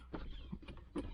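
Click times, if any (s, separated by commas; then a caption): none. A plastic dash trim bezel, lined up around a new touch-screen radio, is handled against the dashboard before being pushed in so its retaining clips snap into the dash. A few soft, dull knocks and rubs are heard over a low steady hum. Nothing has seated or clicked yet.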